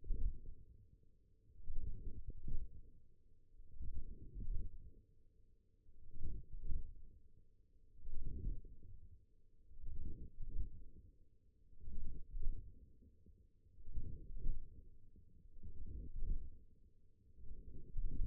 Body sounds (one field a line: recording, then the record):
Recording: forearm muscle sounds (acoustic myography)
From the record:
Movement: wrist extension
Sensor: system 1, eight BSWA MPA416 microphones around the upper forearm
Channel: 7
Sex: female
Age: 21 years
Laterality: right